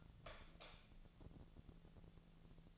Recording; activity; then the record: daily activity, microphone in the room; light off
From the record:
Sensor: 4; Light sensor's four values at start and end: 33/85/35/38 and 31/75/31/33